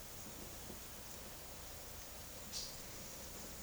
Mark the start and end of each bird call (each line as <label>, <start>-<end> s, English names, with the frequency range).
Silver-beaked Tanager (2.4-10.0 kHz), 2.49-2.71 s